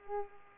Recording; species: mosquito wingbeat signal from an infrared sensor; Culex pipiens